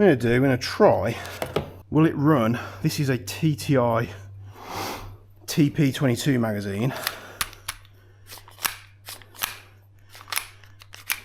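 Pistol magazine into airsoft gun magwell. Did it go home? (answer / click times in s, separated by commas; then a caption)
no / none. Someone talks, then an aftermarket TTI TP22 pistol magazine is pushed again and again into the magwell of a Krytac Maxim 9 airsoft submachine gun, making sharp plastic knocks at about 7.4, 7.7, 8.7, 9.4, 10.4 and 11.1 seconds. None of the knocks is a latch: the magazine does not lock in, and nothing has seated or clicked.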